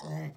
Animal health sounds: pig call; piglet (1 to 25 days)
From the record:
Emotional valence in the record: negative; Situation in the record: short isolation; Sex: male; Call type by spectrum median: low-frequency call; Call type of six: low-frequency stable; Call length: 0.37 s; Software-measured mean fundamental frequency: 51 Hz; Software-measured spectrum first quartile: 157 Hz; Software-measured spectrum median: 304 Hz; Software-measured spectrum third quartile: 986 Hz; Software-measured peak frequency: 152 Hz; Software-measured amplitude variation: 113 dB a second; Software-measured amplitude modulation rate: 10.9 a second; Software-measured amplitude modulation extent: 10.4 dB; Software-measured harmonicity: 6.9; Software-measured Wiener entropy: -1.05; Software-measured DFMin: 918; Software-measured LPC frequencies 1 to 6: 712, 1991, 3731, 5248, 6970, 7967 Hz

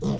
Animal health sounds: pig call; piglet (1 to 25 days)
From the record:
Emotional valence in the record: negative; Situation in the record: long isolation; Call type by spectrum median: low-frequency call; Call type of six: low-frequency stable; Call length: 0.20 s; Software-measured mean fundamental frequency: 66 Hz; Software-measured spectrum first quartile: 171 Hz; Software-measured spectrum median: 264 Hz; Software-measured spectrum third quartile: 630 Hz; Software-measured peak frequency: 189 Hz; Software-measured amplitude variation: 96 dB a second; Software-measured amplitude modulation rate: 22.4 a second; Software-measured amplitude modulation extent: 4.3 dB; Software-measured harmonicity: 1.2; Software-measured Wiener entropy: -0.75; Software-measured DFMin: 1148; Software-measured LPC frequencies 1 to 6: 2159, 3254, 3644, 4711, 5237, 5808 Hz

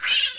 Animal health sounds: pig call; piglet (1 to 25 days)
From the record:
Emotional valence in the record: negative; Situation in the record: castration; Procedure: castration, shear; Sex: male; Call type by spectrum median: high-frequency call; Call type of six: high-frequency modulated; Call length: 0.39 s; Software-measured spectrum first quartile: 2786 Hz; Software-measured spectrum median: 3836 Hz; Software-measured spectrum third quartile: 6256 Hz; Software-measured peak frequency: 2836 Hz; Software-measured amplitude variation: 109 dB a second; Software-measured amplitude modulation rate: 14.0 a second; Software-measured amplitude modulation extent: 7.8 dB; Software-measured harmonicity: 2.7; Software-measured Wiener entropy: -2.06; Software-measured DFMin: 782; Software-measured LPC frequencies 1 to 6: 1538, 2995, 3869, 4591, 6050, 6796 Hz

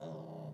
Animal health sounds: pig call; piglet (1 to 25 days)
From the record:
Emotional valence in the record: negative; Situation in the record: short isolation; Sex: female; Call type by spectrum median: low-frequency call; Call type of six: low-frequency modulated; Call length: 0.54 s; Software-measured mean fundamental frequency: 53 Hz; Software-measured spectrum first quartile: 174 Hz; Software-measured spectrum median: 361 Hz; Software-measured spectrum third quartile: 620 Hz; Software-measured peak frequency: 160 Hz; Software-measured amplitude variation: 106 dB a second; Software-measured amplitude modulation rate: 31.6 a second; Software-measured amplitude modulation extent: 3.4 dB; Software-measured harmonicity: 1.3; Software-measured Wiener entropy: 0.06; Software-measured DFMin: 897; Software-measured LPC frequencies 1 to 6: 552, 3005, 3714, 4476, 5456, 6253 Hz

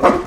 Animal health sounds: pig call; growing-finishing pig (85 days or more)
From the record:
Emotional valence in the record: positive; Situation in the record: run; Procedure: transit

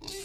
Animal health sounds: pig call; weaner (32 to 43 days)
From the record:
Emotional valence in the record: negative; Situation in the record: long isolation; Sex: female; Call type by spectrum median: high-frequency call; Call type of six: high-frequency stable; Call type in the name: high-frequency stable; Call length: 0.26 s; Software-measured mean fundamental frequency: 424 Hz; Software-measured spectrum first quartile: 565 Hz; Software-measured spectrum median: 3169 Hz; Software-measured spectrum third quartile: 5637 Hz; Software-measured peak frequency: 385 Hz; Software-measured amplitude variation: 99 dB a second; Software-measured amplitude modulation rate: 17.6 a second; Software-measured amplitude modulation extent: 5.6 dB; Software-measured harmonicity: 4.2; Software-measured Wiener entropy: -2.02

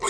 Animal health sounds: pig call; weaner (32 to 43 days)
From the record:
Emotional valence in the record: negative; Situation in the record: short isolation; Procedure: open field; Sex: female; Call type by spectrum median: high-frequency call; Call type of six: high-frequency stable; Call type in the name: high-frequency stable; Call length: 0.10 s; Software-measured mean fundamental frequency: 248 Hz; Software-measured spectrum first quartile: 1033 Hz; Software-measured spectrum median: 2508 Hz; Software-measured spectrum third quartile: 6807 Hz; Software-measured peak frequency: 1063 Hz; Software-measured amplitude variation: 80 dB a second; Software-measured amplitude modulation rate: 9.5 a second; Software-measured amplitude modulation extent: 8.4 dB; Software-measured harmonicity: 2.9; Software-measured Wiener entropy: -2.71

